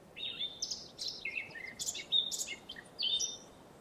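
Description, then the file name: Eurasian blackcap song, a few short bursts of mixed scratchy and whistled warbling notes with brief pauses between them. "Sylvia atricapilla"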